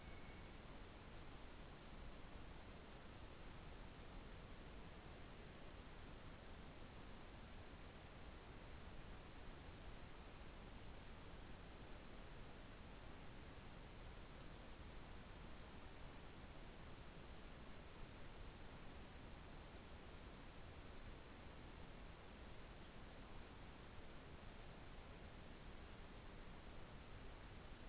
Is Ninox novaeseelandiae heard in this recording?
no